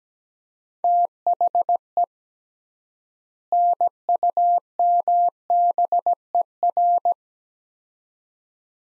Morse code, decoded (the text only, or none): THE NUMBER